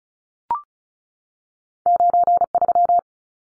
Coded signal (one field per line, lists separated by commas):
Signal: Morse code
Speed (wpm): 34 wpm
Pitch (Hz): 700 Hz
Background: none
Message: 93